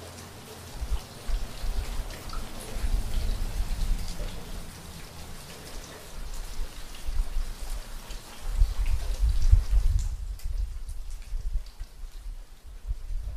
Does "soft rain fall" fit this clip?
yes